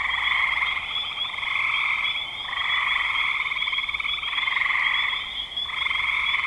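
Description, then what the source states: Overlapping frog trills form a constant chorus, individual callers starting and stopping every second or two within the massed pulsing sound. Frogs recorded in spring 2025.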